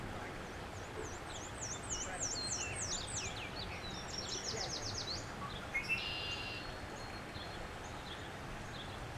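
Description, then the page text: Black-and-white warbler song: a high, thin string of repeated see-saw notes in the opening seconds, followed by other birds' trills and chirps over low steady noise. Recorded in Maryland, United States. "Maryland Biodiversity. Black-and-white Warbler ( Mniotilta varia )"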